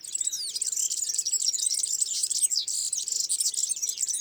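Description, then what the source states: European Serin song, an unbroken, very high, jangling trill of rapid, tinkling notes lasting the whole excerpt. Song in the first morning sunshine on 25–26 May 2019 at Lesches and Saint-Dizier-en-Diois; recorded on a Nagra Seven with two MKH40 and 8020 microphones.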